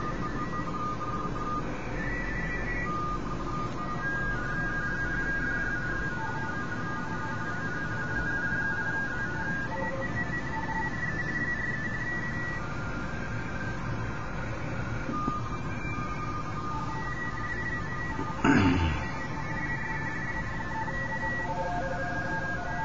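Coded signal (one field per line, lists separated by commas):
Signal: RTTY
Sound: several warbling two-tone teleprinter signals over hissy static, brief noisy crash near the end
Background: radio static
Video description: I was just casually hunting and pouncing on RTTY signals on 40 meters and a little on 20 meters.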